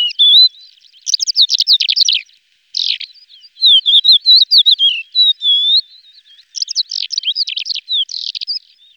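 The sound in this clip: Lesser short-toed lark alternates fast scratchy rattles with a bubbling run of twisting whistles, then returns to buzzy chattering bursts.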